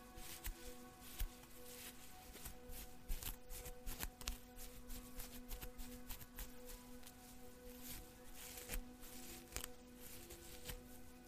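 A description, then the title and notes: Hair is brushed in quick, irregular strokes, each a short crisp rustle, sometimes clustered and sometimes spaced about a second apart. Underneath, soft background music holds steady sustained tones, low and middle notes that barely change throughout. At-Home Hair Spa | Hair Brushing, Ambient Music.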